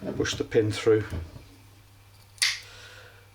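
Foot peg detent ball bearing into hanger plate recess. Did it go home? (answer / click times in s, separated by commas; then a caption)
yes / 2.4 s. On a Triumph Scrambler 1200 pillion foot peg being refurbished, someone talks while the greased pivot pin is pushed through the reassembled foot peg hanger. The peg is then moved, and at 2.4 s the detent ball bearing clicks sharply into its recess in the hanger plate, seating the peg in place.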